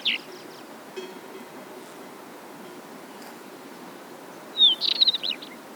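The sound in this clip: Northern wheatear song: a short scratchy burst at the start, then a brief jumble of harsh, chattering high notes near the end, over steady low background hiss.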